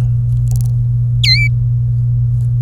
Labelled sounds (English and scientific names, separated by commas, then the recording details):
Domestic Canary (Serinus canaria) song
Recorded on 24 April 2018 at 11:57
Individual llb3